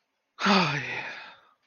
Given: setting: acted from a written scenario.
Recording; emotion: vocal sound without words; romantic love